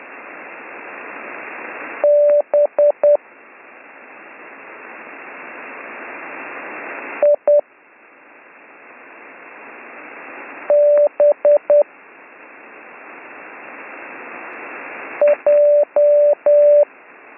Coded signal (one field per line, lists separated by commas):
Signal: Morse code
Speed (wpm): 10 wpm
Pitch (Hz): 590 Hz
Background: none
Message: BIBJ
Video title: Slow Morse Code Course - Week 3